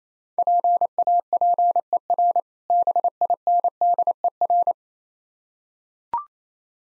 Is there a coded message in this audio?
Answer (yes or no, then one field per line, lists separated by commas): yes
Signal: Morse code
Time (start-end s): 0.4-4.7 s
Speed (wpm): 28 wpm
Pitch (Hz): 700 Hz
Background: none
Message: PAPER BINDER